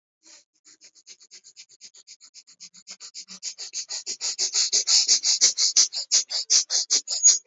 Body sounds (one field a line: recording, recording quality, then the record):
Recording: shallow breathing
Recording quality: excellent, no background noise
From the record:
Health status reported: recovered from COVID-19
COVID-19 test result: positive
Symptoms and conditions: muscle pain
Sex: male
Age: 42 years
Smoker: not ticked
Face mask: not worn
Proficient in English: yes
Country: India